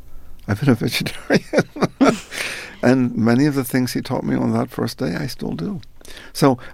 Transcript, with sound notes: I've been a vegetarian (laughter). And many of the things he taught me on that first day I still do.